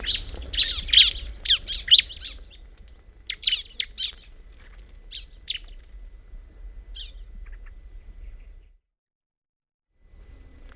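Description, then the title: Bar-winged prinia song: loud burst of sharp chirping notes at the start, then scattered single chirps growing sparser, followed by a brief silence near the end. "Ciblek"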